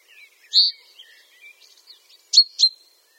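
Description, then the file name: Common chaffinch calls: a single clear note followed later by a rapid pair of sharp notes, with soft scattered faint chirps between them. "Fringilla coelebs"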